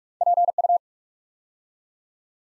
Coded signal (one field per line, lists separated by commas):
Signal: Morse code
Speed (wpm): 44 wpm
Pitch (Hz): 700 Hz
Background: none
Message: PU